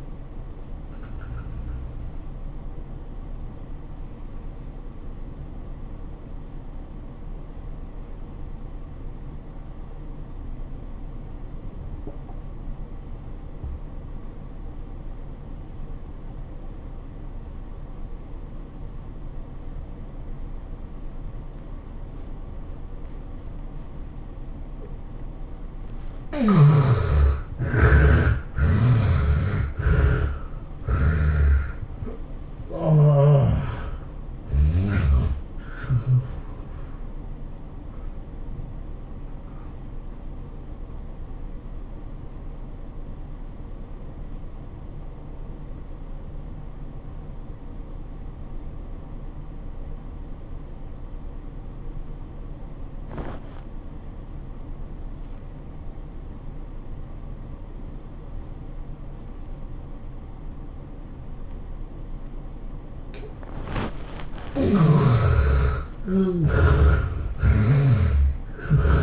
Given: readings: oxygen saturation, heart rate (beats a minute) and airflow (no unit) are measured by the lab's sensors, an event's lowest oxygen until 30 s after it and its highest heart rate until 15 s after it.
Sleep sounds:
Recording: breathing in sleep by a smartphone at the bedside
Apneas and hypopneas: 2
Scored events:
6.00-26.00 s: obstructive apnea (N2, oxygen 96% highest, then 72% lowest, heart rate 92 at the start, 109 highest)
31.00-69.03 s: new sleep stage, N1 (lightest sleep)
41.00-64.40 s: obstructive apnea (N1, oxygen 96% highest, then 69% lowest, heart rate 99 at the start, 108 highest)
From the record:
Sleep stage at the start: N2 (light sleep)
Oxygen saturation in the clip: 72 to 96%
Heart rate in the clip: 78 to 109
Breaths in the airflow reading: 10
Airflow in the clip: -15.5 to 17.1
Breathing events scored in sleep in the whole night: 403 in 5.5 hours asleep

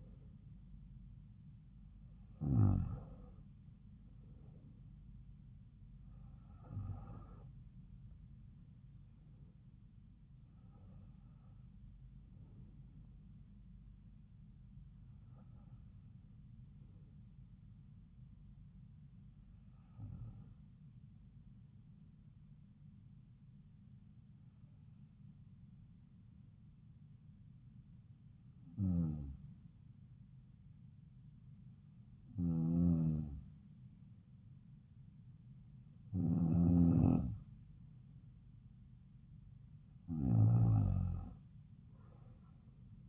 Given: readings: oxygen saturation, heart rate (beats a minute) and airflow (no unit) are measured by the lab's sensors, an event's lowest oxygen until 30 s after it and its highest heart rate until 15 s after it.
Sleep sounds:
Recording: breathing in sleep by a smartphone at the bedside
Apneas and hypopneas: none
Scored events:
none scored
From the record:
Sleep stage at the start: N2 (light sleep)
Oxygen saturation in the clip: 93 to 94%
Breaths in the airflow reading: 10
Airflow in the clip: -4.2 to 4.7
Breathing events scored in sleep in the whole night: 270 in 6.1 hours asleep

